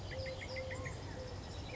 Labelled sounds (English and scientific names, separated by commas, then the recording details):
Eurasian Collared Dove (Streptopelia decaocto)
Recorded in Sonoma County, California